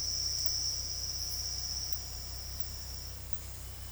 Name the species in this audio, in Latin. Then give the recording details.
none. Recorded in dense forest near Puerto Asís, Putumayo, Colombia, on 19 February 2024 at 10:00. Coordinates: 0.487, -76.319. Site G6403